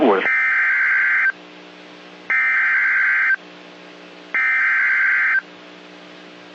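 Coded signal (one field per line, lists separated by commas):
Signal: Emergency Alert System (SAME) tones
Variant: header bursts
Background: speech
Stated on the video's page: National Weather Service severe thunderstorm warning for north central Texas counties, radar indicated.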